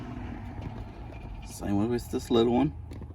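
The smaller electrical connector is being pushed onto the new blower motor resistor during a heater/AC fan resistor replacement on a 2005 Dodge Grand Caravan. Someone talks over a low, steady background hum. The clip ends with the connector handled but not yet home, and nothing has seated or clicked yet.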